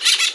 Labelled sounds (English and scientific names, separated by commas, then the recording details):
Brown-throated Parakeet (Eupsittula pertinax) contact call
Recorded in Margarita
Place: Mangroves NW of Las Tetas de Ma. Guevara
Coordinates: 10.962, -64.143